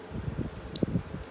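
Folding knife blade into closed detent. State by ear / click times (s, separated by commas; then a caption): seated / 0.8 s. A small flipper knife is closed, and its blade snaps shut into the detent with a sharp, bright click at 0.8 s. A softer low thump follows just after. A steady fan-like hum runs underneath.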